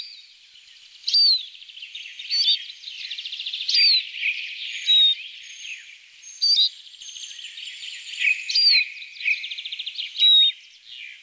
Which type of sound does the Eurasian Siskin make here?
song